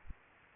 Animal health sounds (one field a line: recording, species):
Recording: mosquito wingbeat signal from an infrared sensor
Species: Culex pipiens